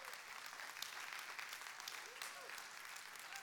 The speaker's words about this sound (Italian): E vogliamo fare un applauso, è stata bravissima.